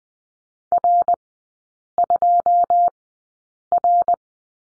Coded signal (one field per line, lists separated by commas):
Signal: Morse code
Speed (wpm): 20 wpm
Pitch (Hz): 700 Hz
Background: none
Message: R 2 R